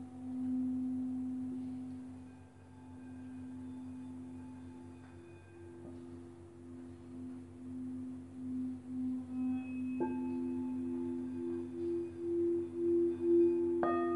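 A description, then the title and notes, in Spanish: Tibetan singing bowls hum in long, sustained low tones that swell and fade in slow, wavering pulses. Around ten seconds a second bowl is struck with a bright ring, and its higher tone beats faster against the first, ending with another light strike near the close. Cuencos tibetanos para dormir.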